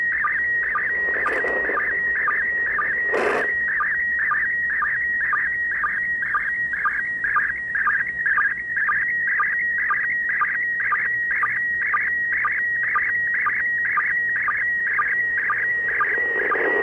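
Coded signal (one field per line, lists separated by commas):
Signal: SSTV (slow-scan television)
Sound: warbling tone around 1.9 kHz with a short low chirp roughly twice a second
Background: radio static, brief clicks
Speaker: some of you all could use the audio the last bit of audio there to fine tune and practice receiving signals using your software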